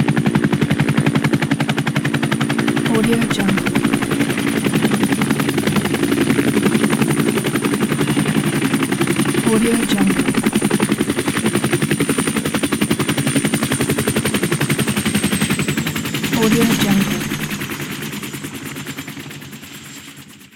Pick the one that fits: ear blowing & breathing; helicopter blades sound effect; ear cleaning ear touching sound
helicopter blades sound effect